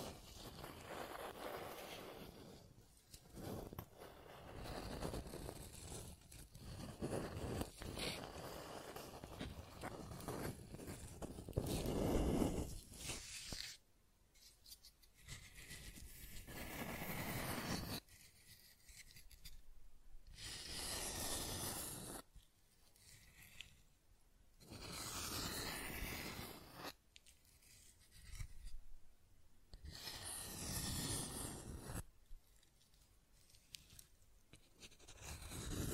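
Scratching and tracing strokes, dense and continuous for the first fourteen seconds, then coming in separate rough bursts broken by short silences.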